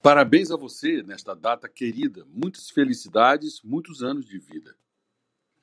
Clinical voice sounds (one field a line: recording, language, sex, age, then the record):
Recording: short text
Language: Brazilian Portuguese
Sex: male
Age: 50 to 59 years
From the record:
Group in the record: control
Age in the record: 59 years